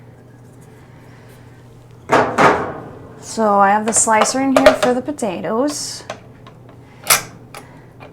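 Someone talks while handling a plastic slicer disc for potatoes at a food processor bowl, with a few short knocks and clatters near the end. The disc has not yet seated or clicked into the food processor.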